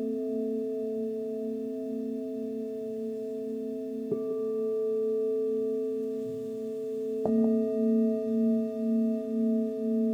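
Crystal and Tibetan bowls ring in a sustained, layered hum, a low fundamental with several clear overtones held steadily throughout. A soft strike at about four seconds adds a bright new tone, and a sharper strike near seven seconds renews the ring, which then pulses in slow, regular swells.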